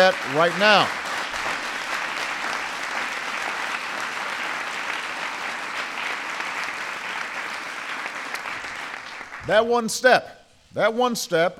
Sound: applause

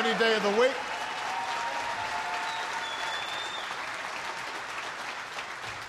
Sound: applause

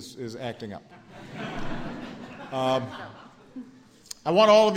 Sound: laughter

